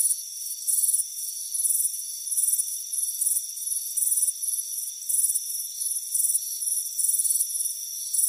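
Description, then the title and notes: Crickets chirping, bright pulsed trills repeating under a second apart above a continuous high buzzing chorus. "Soothing Crickets Chirping Sound. It's a warm afternoon as you relax in a hammock on the front porch. Deep Sleep Sounds"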